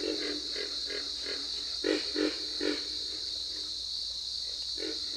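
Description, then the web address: Pig frog grunting calls, short low pulsed grunts in uneven runs of several, a few louder bursts, over a steady high hum throughout. "Dan Gibson's Solitudes Frog Song. Pig Frog"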